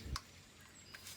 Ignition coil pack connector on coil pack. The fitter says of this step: feel that click